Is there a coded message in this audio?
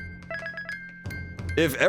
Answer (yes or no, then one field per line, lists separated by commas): no